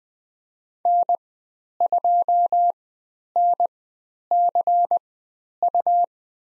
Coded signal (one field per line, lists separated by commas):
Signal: Morse code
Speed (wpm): 20 wpm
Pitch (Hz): 700 Hz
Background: none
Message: N2NCU